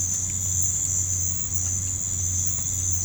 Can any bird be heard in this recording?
no